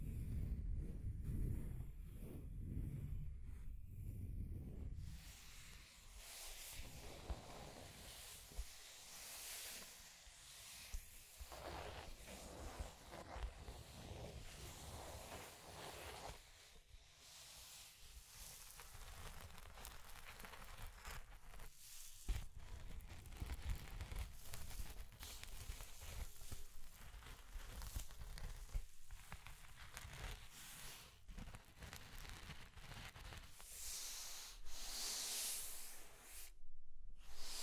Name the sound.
Scratching and Tracing Sounds